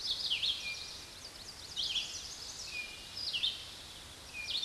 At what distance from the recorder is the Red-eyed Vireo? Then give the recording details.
about 20 m. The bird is about 15 m above the microphone. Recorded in a Pennsylvania forest on 16 May 2024 at 06:39. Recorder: AudioMoth, point MSD-2258. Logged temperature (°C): 15.2 °C. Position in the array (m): 164 m, 72 m